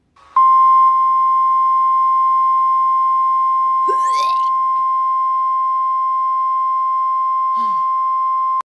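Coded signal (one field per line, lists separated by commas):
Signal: Emergency Alert System (SAME) tones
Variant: 1050 Hz attention tone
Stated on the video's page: Simulated alarm tones in an animated European alert.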